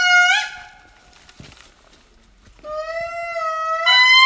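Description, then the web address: Indri song: long, loud, harmonic-rich wailing notes held steady then breaking upward, with a quiet gap between two calling bouts. Recorded in Madagascar on 23 October 2019. "madagascar indri 2019-10-23"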